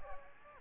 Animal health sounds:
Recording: mosquito wingbeat signal from an infrared sensor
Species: Aedes aegypti

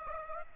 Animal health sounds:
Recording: mosquito wingbeat signal from an infrared sensor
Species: Aedes aegypti

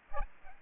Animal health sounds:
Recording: mosquito wingbeat signal from an infrared sensor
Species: Aedes aegypti

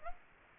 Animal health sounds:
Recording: mosquito wingbeat signal from an infrared sensor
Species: Aedes aegypti

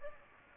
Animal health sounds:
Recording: mosquito wingbeat signal from an infrared sensor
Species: Aedes aegypti

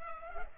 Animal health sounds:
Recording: mosquito wingbeat signal from an infrared sensor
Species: Culex pipiens

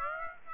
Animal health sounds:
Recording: mosquito wingbeat signal from an infrared sensor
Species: Aedes aegypti

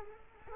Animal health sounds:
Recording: mosquito wingbeat signal from an infrared sensor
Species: Culex quinquefasciatus

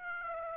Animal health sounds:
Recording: mosquito wingbeat signal from an infrared sensor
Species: Aedes aegypti

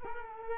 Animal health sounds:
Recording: mosquito wingbeat signal from an infrared sensor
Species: Culex quinquefasciatus

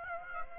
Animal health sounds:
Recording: mosquito wingbeat signal from an infrared sensor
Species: Aedes aegypti

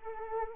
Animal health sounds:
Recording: mosquito wingbeat signal from an infrared sensor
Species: Anopheles arabiensis

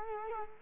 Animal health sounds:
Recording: mosquito wingbeat signal from an infrared sensor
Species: Culex quinquefasciatus

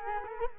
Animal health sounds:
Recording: mosquito wingbeat signal from an infrared sensor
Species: Culex quinquefasciatus

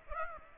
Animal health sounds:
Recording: mosquito wingbeat signal from an infrared sensor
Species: Aedes aegypti

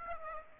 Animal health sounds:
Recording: mosquito wingbeat signal from an infrared sensor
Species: Aedes aegypti

